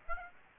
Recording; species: mosquito wingbeat signal from an infrared sensor; Aedes aegypti